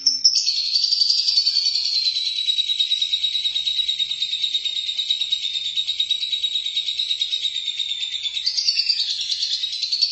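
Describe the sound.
Lovebird song, a continuous high, rapid chattering twitter with a pulsing rhythm, sliding down in pitch early on then rising again near the end.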